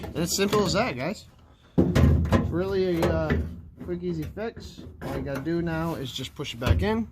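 Someone talks while the plastic rear marker lamp assembly of a 2014 GMC Sierra is being pushed back into its opening in the truck bed, with a brief handling thump around 2.2 s. The clip ends just before the assembly goes home, and nothing has seated or clicked yet.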